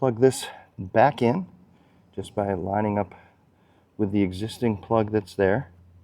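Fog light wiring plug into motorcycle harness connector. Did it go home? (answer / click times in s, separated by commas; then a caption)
no / none. A new LED fog light's wiring plug is lined up with the existing harness plug on a Honda Goldwing motorcycle to be pushed together. Someone talks throughout, with short pauses between phrases. Nothing has seated or clicked yet.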